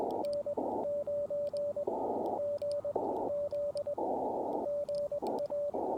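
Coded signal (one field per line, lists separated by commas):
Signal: Morse code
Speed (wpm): 21 wpm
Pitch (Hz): 580 Hz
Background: radio noise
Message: N 9 G Z GA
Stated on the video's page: Parks on the Air CW activation with an Elecraft KX2, DIY linked dipole and Modern Morse key, under poor band conditions; includes a 25 wpm segment.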